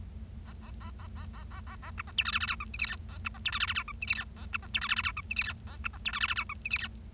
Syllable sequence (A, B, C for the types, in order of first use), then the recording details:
A A A A A A A A A B C D E F F G H I J K A B C D E F F G H I J K A B C D E F F G H I J K A B C D E F F G H I J K. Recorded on 25 March 2012 at 09:30. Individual gy6or6